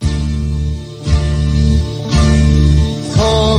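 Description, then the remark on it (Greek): A recorded song plays loudly, with full sustained instrumental chords that shift to new harmonies roughly every second, bright and steady, with no voices yet. “Επειδή πρέπει να πανηγυρίσουμε λίγο και την νίκη της Νέας Δημοκρατίας, ψάχαμε να βρούμε ένα τραγούδι που να κολλάει και βρήκαμε αυτό.”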